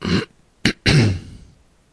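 Three abrupt, harsh bursts of coughing in under two seconds from an adult: a short throat-clearing cough, a brief sharp one, then a longer rough cough trailing off. This is a plain cough with no clear wheeze or whoop.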